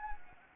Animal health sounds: mosquito wingbeat signal from an infrared sensor; Anopheles gambiae

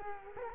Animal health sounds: mosquito wingbeat signal from an infrared sensor; Culex quinquefasciatus

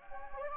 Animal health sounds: mosquito wingbeat signal from an infrared sensor; Anopheles gambiae

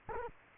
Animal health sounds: mosquito wingbeat signal from an infrared sensor; Culex quinquefasciatus

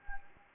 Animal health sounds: mosquito wingbeat signal from an infrared sensor; Anopheles gambiae

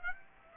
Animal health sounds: mosquito wingbeat signal from an infrared sensor; Aedes aegypti

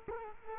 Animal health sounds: mosquito wingbeat signal from an infrared sensor; Culex quinquefasciatus

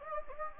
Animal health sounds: mosquito wingbeat signal from an infrared sensor; Anopheles gambiae

